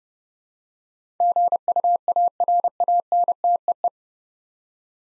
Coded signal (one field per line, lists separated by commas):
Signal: Morse code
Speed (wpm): 30 wpm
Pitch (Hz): 700 Hz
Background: none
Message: GUARANTEE